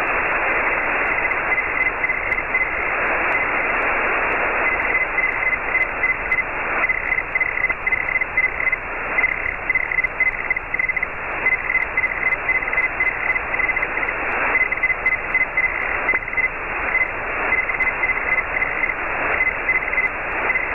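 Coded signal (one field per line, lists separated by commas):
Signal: Hellschreiber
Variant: Feld Hell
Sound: steady radio hiss with a faint, choppy buzzing tone near 2 kHz starting and stopping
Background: radio static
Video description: I screen captured this QSO with Scott, N0IU on 14.063 MHz. You will hear his audio, but not my audio while I am transmitting.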